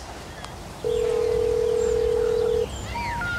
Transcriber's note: soundbite of dial tone